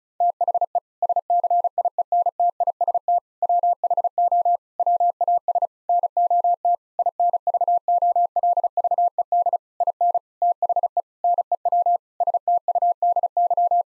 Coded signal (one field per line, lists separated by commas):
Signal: Morse code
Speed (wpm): 34 wpm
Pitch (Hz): 700 Hz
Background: none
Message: THE SCIENTIST WHO WAS NOT INVOLVED IN THE NEW STUDY